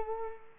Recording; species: mosquito wingbeat signal from an infrared sensor; Culex quinquefasciatus